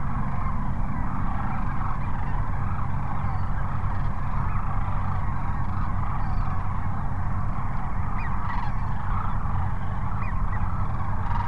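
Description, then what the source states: Sandhill cranes calling in a dense flock, overlapping rolling bugles blending into a continuous chorus, over a heavy steady low rumble. Several cranes at Cochise Lakes on 30 January 2019.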